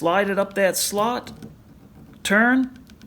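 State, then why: Not seated. Someone talks while handling a metal lamp socket shell, with its insulating sleeve, as it is slid into the slots of the socket cap at the dimples and turned. Two faint, brief ticks are heard near 2.9 and 3.0 seconds at the end of the clip. The shell has not snapped into the cap yet; nothing has seated.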